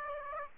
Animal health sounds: mosquito wingbeat signal from an infrared sensor; Aedes aegypti

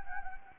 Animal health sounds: mosquito wingbeat signal from an infrared sensor; Anopheles gambiae

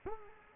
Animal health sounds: mosquito wingbeat signal from an infrared sensor; Culex quinquefasciatus

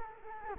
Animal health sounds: mosquito wingbeat signal from an infrared sensor; Culex quinquefasciatus

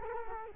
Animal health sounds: mosquito wingbeat signal from an infrared sensor; Culex quinquefasciatus

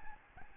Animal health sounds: mosquito wingbeat signal from an infrared sensor; Aedes albopictus

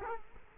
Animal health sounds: mosquito wingbeat signal from an infrared sensor; Culex quinquefasciatus

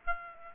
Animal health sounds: mosquito wingbeat signal from an infrared sensor; Aedes aegypti

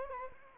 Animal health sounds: mosquito wingbeat signal from an infrared sensor; Anopheles gambiae

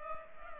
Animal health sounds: mosquito wingbeat signal from an infrared sensor; Culex pipiens

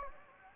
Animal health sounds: mosquito wingbeat signal from an infrared sensor; Anopheles gambiae

